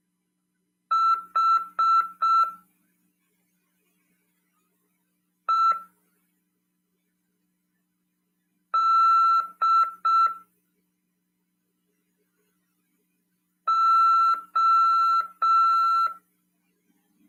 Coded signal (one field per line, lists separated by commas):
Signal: Morse code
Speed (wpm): 6 wpm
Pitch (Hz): 1340 Hz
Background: none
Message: HEDO